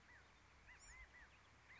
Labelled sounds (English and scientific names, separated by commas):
Bewick's Wren (Thryomanes bewickii)